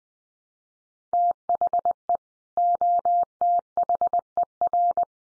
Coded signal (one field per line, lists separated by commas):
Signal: Morse code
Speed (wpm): 20 wpm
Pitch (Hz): 700 Hz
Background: none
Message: THE OTHER